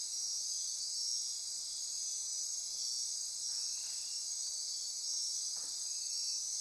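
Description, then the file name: Insect chorus, a dense steady high-pitched shimmer of many overlapping trilling callers, unbroken throughout, with a few faint brief lower sounds underneath. Insect chorus recorded at midnight near Corcovado. "Wind-is-the-Original-Radio-Fridays 20240628 Andy-Martin Midnight-Insect-Chorus-Near-Corcovado"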